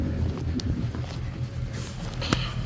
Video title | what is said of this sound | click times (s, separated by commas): [POV 4K] Twoja pierwsza motorówka. Łódka dla początkujących. Za sterem. | Hebel unten hoch und geben ihm einen Ruck, der Gang ist schon eingerastet | 2.3 s